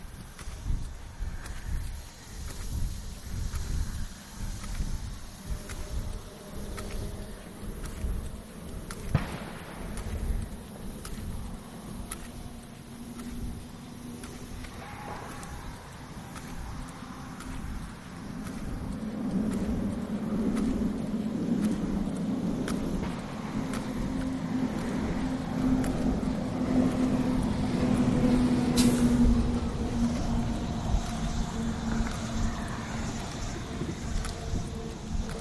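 A neighborhood walk with steady low traffic rumble throughout, and a vehicle passing nearby. From about 18 seconds a heavier engine drone builds and grows louder, peaking near 28 seconds before easing slightly. Scattered clicks and light footstep-like taps sit on top.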